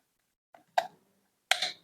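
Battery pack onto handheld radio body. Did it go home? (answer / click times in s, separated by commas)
yes / 1.5 s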